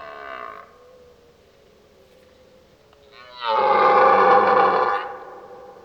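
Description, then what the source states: Red deer roar: a brief rough sound at the start, a quiet pause, then a loud, hoarse bellow of about one and a half seconds. Old stag roaring during the rut (burlen).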